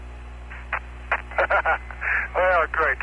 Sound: laughter